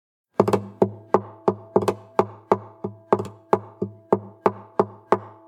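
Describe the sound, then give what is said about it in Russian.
Fingers tap a hollow guitar body about fifteen times in a steady, even rhythm, each knock sharp and booming with a brief low ring after it, no voices. “постучал пальцами по гулкой гитаре.”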